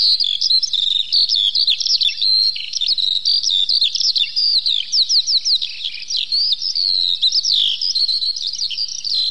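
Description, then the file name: Eurasian skylark song: a sustained, high, jumbled warble of quick chirps, trills and down-slurred notes. "zhavoronok polevoy"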